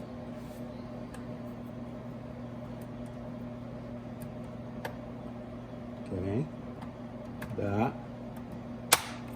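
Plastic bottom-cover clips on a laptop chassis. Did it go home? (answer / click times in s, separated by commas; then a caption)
released / 8.9 s. Plastic retaining clips on the bottom cover of an HP 15.6-inch laptop are pried loose to reach the RAM, with someone talking over a steady low hum and faint ticks. The clips release with a sharp snap at 8.9 s, and the cover comes free.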